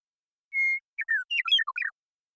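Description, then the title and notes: Western meadowlark song opening with one long steady whistle, followed by a fast bubbling cascade of warbled notes that dip and rise. Song at natural pace; recorded in the Pacific Northwest, Washington, United States. "Western Meadowlark, Sturnella neglecta, song, contact calls, and flush, family: Troupials and Allies Recorded in the beautiful Pacific Northwest in Washington, United States"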